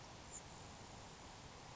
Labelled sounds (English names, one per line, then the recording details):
Grasshopper Sparrow
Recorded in Sonoma County, California